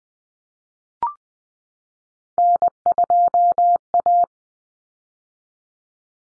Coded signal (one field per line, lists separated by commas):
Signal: Morse code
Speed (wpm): 20 wpm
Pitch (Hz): 700 Hz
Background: none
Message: N2A